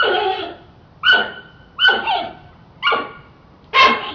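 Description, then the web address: Panda giving five bright, harmonic squealing cries about a second apart. Squealing panda, described as trying to say something. "som de panda a tentar dizer algo a guinchar"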